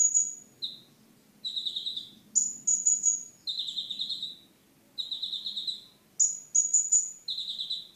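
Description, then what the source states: Sunbird song: thin high whistles alternate with lower trilled buzzy phrases in bursts separated by short pauses. Mountain sunbird, champion songbird.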